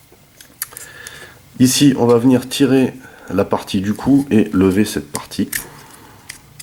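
A separately supplied plastic crane arm part is fitted into its socket on a transforming robot figure, and it seats with a single sharp plastic click at 0.6 s. A few quieter handling ticks follow, then someone talks, with more small plastic clicks near the end.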